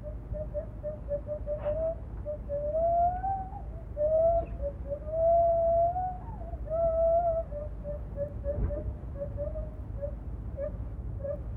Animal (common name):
Lar Gibbon